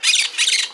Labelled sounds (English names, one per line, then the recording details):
Brown-throated Parakeet contact call
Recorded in Margarita
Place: San Francisco, near stadium
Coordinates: 11.018, -64.294